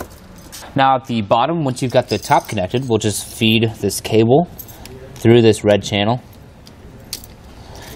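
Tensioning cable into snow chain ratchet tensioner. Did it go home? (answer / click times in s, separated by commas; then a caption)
yes / 6.7 s, 7.1 s, 7.2 s. Someone talks while feeding the tensioning cable of a Konig self-tensioning snow tire chain through its red channel on a 2019 Kia Sorento tire. The cable is then pulled up, and the ratcheting tensioner gives sharp clicks at 6.7, 7.1 and 7.2 seconds as it takes up slack.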